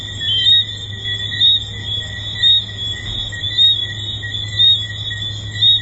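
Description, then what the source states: Tree frogs whistling in a continuous high chorus, sharper notes rising out about once a second, over a noticeable low steady hum. Several tree frogs recorded at the Hedonism II resort.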